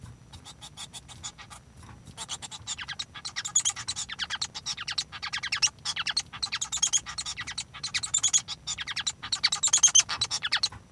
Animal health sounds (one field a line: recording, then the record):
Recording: song of a male Bengalese finch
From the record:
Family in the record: son of father 1